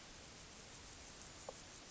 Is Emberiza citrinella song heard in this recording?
no